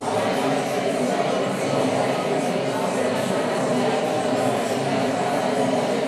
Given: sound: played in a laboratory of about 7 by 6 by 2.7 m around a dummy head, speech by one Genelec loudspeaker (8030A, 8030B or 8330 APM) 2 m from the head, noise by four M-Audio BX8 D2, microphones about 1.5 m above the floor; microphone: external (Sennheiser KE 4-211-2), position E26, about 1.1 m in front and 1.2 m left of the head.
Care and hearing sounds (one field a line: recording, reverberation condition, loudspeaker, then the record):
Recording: babble noise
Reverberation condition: high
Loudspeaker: four, about 170 cm from the corners of the room and facing them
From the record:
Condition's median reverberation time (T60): about 1300 ms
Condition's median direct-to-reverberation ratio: about -4.0 dB